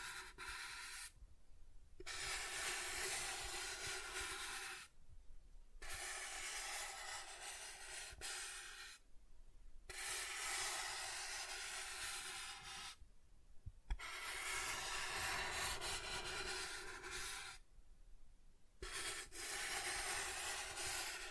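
Soft tracing strokes brush across a surface in long, steady passes, each lasting a few seconds. Short pauses fall between them, about every three to four seconds, giving a regular rhythm. The strokes sound airy and raspy, like a gentle rub, with faint low thumps underneath.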